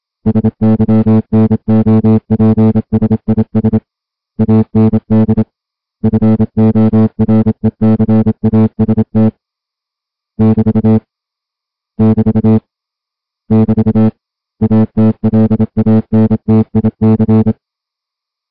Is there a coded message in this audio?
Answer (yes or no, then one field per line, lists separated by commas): yes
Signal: Morse code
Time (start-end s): 0.3-17.5 s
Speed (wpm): 27 wpm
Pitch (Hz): 220 Hz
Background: music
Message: SYNOPSIS AND FORECAST <BT> <BT> <BT> ATLANTIC